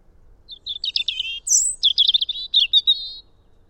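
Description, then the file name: European robin singing a rapid, tinkling phrase of high trills and twittering notes, with one brief, very high note in the middle and a faint low hum beneath. "Erithacus rubecula"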